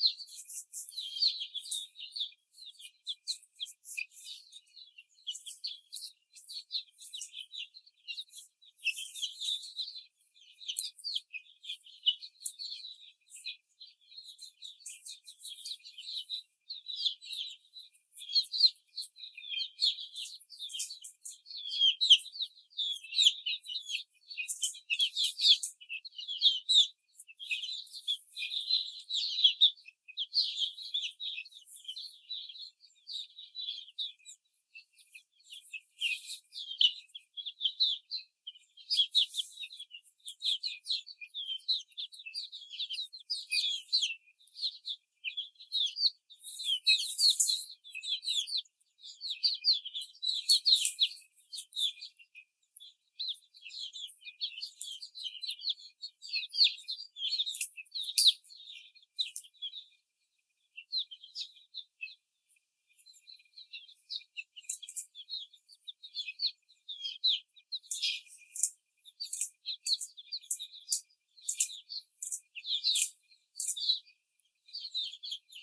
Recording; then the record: young laying hens in a cage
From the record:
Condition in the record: before the stressor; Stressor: simulated dog barking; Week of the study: 4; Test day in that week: 3